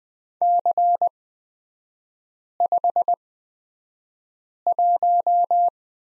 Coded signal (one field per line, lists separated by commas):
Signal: Morse code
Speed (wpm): 20 wpm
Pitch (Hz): 700 Hz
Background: none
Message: C51